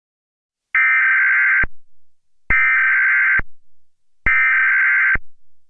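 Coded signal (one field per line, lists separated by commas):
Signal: Emergency Alert System (SAME) tones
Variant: header bursts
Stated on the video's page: Fan-made national EAS test on a fictional network, aired during a cartoon.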